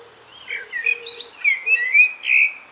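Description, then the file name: Common blackbird warbling a mellow, wandering whistled phrase with a brief high squeak, low soft notes sounding beneath. "Turdus merula"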